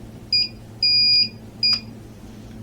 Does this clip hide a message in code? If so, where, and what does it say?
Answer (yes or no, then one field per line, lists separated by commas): no